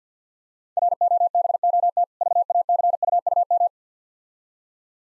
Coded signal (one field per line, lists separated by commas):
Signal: Morse code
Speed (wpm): 52 wpm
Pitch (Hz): 700 Hz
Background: none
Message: ROBOT VACUUM